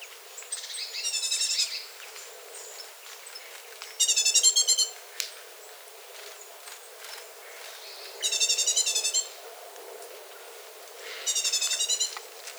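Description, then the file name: Great tit chattering call: four bursts of rapid, buzzy harmonic notes about a second long, spaced a few seconds apart, over a faint hiss. "Parus major"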